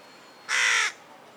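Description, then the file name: Single hoarse, raspy carrion crow caw, flat and broad-toned, about half a second long against low background hiss. "Corvus corone"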